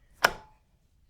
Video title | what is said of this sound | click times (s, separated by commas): Baby Jogger Summit XC - Front Wheel Locking Issue | clicks right into that hole you can see that it's | 0.2 s